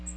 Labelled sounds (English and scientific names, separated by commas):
Magnolia Warbler (Setophaga magnolia) flight call